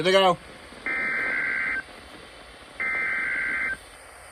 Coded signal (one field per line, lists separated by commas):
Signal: Emergency Alert System (SAME) tones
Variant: header bursts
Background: speech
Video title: A MYRIAD OF MADNESS - EAS Alerts from 7/19 - 7/20/22 (EAS #429-454)